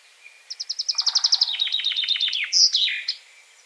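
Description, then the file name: Common chaffinch song: quick repeated chips sliding lower across two trills, closing with a loud squeaky terminal flourish; a faint lower trill sounds beneath the opening. "Fringilla coelebs"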